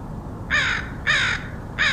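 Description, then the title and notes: Crow calling with three harsh, even caws about half a second apart over a faint low hum. Crows recorded in Portland, Oregon, in August 2003. "Crows of Portland. Crows recorded by Dan Bodah in Portland, OR, August 2003"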